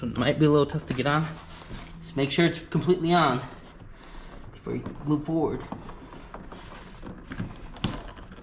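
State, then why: Seated. Someone talks while a wiring harness connector is pushed onto a fuel system component of a 2007–2013 Chevrolet Silverado, during a P069E repair that replaces the fuel pump, throttle body position sensor and fuel pump control module. A few faint scuffs and taps follow, then a sharp click at 7.8 s shows the connector is fully seated.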